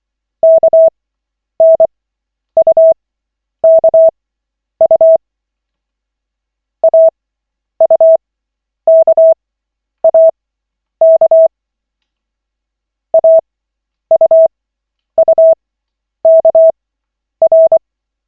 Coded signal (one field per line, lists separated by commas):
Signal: Morse code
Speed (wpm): 24 wpm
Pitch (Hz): 650 Hz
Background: none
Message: KNUKU AUKAK AUUKR